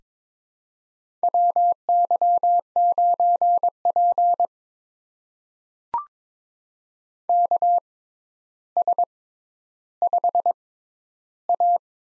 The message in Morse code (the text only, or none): WY9P KS5A